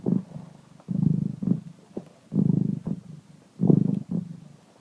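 Cat purring, a low rumbling throb in repeated bursts, louder and softer ones alternating.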